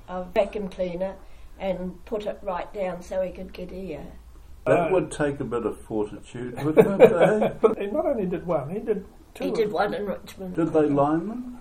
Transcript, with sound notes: of vacuum cleaner and put it right down so he could get air. That would take a bit of fortitude wouldn’t it, eh? [Chuckle] But he not only did one, he did two. He did one in Richmond. Did they line them?